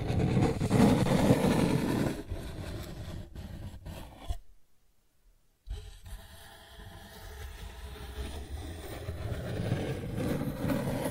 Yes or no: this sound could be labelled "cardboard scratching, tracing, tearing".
yes